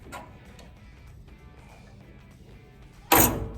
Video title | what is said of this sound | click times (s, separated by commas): Green Mountain Grill Daniel Boone Jim Bowie Prime Wifi 12V Complete Build and Unboxing | there we go you'll hear it click all right here's our bucket | 3.1 s